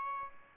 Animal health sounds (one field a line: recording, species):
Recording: mosquito wingbeat signal from an infrared sensor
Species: Aedes albopictus